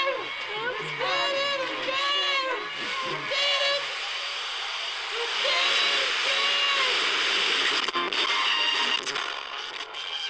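Echoes repeating on themselves build into a large feedback howl: wavering, bending pitched tones stacked in layers, thickest in the first four seconds. A dense hiss swells from about five seconds on, with brief dropouts near eight and nine seconds.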